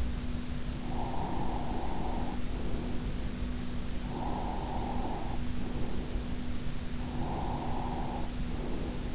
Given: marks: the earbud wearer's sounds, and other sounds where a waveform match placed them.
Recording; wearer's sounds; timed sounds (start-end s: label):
sounds in sleep by an in-ear microphone; breath
0.69-3.35 s: breath
3.89-6.46 s: breath
6.89-9.15 s: breath